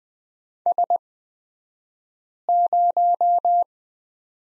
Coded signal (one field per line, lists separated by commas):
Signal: Morse code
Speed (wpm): 20 wpm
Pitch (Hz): 700 Hz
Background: none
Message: S0